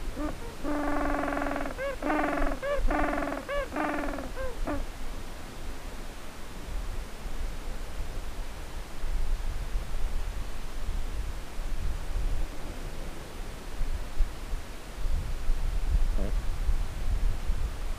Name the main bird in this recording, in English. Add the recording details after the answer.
Gentoo Penguin. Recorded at the colony at Heroina Island, Antarctica, on 10 December 2015. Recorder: Song Meter SM2+